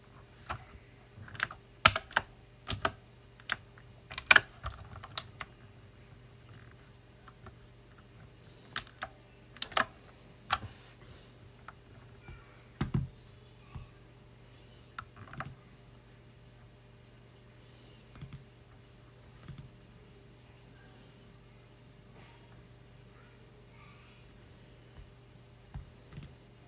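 A loud mechanical keyboard clatters close-up as someone types, with sharp, bright keystrokes arriving in quick bursts during the first ten seconds, then sparser clicks and pauses later on. A steady low hum runs underneath throughout.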